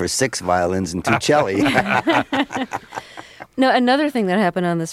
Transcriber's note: laughter